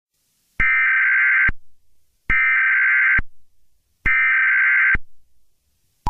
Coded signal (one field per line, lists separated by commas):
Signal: Emergency Alert System (SAME) tones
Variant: header bursts